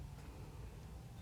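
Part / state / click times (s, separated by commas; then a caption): wiper blade locking clamp on wiper arm / not seated / none. The plastic locking clamp on a wiper blade adapter is handled on the wiper arm, just before it is pushed down to close. Only a steady low-frequency rumble and faint broadband hiss are heard, with no sharp sounds. Nothing has seated or clicked yet.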